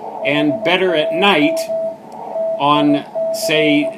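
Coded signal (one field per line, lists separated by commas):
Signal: Morse code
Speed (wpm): 18 wpm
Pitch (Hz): 650 Hz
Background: speech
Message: HAM TIC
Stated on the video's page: Band watch on 14 to 50 MHz with so-so conditions and a surprise on 24 MHz.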